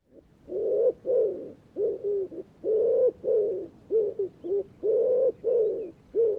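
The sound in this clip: Bird cooing in a series of low notes, about a dozen in quick succession.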